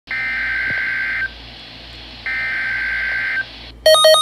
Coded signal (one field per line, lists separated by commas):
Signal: Emergency Alert System (SAME) tones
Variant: header bursts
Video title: Child Abduction Emergency | NWR | EAS# 62